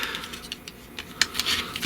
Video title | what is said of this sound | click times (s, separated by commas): Transformers Legacy review: Motormaster | and it just kind of clicks | 1.2 s